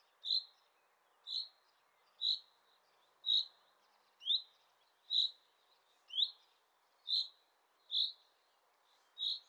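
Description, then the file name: Common chaffinch calling: a short, bright, high single note repeated about once a second, ten times, over a quiet, faint background hiss. "Fringilla coelebs"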